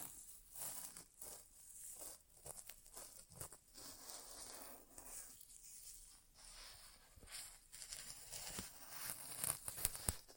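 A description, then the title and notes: An ASMR inner ear exam without talking: constant crinkling and rustling with scratchy, crackly handling sounds. Texture is dense and busy, with frequent sharp taps and brushing bursts throughout, and brighter scraping flurries around the middle and near the end. ASMR Inner Ear Exam (No Talking).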